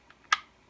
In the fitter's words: rock that up locks into place